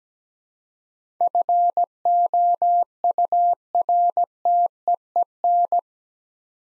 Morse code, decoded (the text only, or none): FOURTEEN